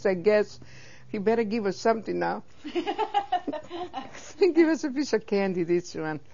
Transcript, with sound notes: I guess, he better give us something now. (They laugh.) He give us a piece of candy, this one.